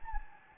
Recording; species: mosquito wingbeat signal from an infrared sensor; Anopheles gambiae